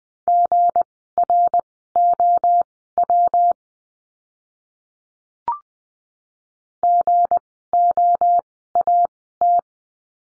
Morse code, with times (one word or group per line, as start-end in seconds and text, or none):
0.3-3.5 GROW
6.8-9.6 GOAT